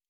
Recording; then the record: hydrophone in a shrimp aquaculture tank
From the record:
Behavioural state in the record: normal